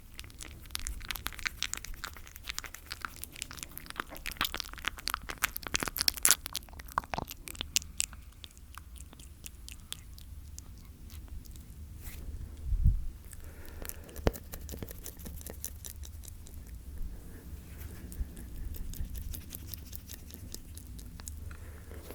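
Slow mouth sounds: sharp, crisp clicks and wet snaps, thick and rapid for the first seven seconds, then sparser and softer. A low, muffled thump lands near thirteen seconds, over a steady low hum.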